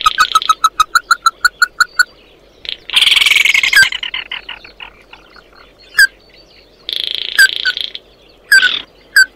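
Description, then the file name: Bird calls: a steady string of short repeated notes, a harsh rattling trill, then buzzy bursts broken by single sharp slurred notes. "Tieng chim mat do"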